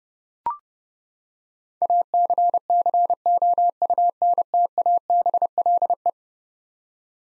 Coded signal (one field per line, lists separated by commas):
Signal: Morse code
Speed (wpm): 31 wpm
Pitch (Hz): 700 Hz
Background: none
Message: ACCOUNTABLE